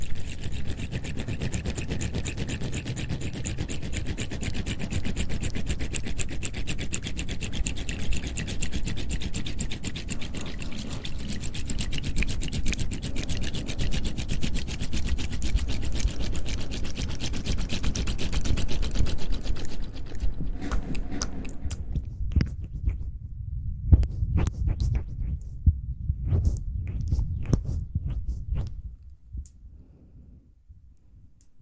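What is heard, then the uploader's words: Soft mouth sounds with a dense, low rumbling texture that thins after about twenty seconds into scattered wet clicks before fading out. Soft Mouth Sounds For Sleep.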